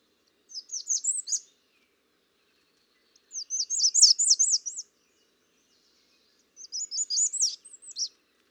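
American redstart song: three high, rapid phrases of wavering slurred notes, roughly one to one and a half seconds long, separated by pauses.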